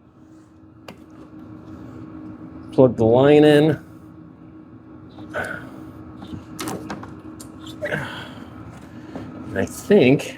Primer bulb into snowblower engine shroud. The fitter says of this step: It should just clip in just like so.